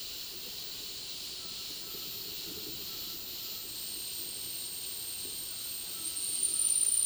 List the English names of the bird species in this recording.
none